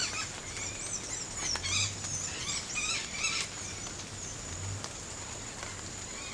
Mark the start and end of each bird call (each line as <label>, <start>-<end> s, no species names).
bird call, 0.00-3.50 s